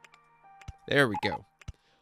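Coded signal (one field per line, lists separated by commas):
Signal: none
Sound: a game's click beeps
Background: speech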